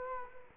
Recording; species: mosquito wingbeat signal from an infrared sensor; Culex quinquefasciatus